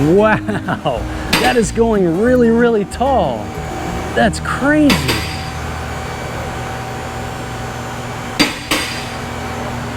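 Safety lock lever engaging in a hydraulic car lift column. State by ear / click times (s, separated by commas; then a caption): seated / 8.4 s, 8.7 s. Someone talks as a hydraulic car lift rises, and a steel safety lock lever in the lift column drops into its lock positions with loud clicks at 8.4 and 8.7 seconds. The lever seats so the car can't come down if the hydraulics fail.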